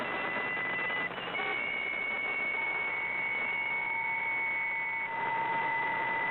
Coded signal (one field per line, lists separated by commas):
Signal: PSK63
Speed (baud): 62.5 baud